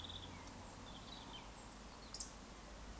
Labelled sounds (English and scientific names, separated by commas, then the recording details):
Eurasian Woodcock (Scolopax rusticola) whistle, Eurasian Woodcock (Scolopax rusticola) croak
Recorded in Baden-Württemberg, Germany, on 18 June 2021 at 19:24 UTC
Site 49334, 1074 m above sea level